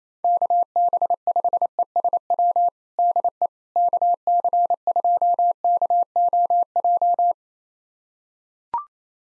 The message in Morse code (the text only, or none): KB5ESW DE KC2KOJ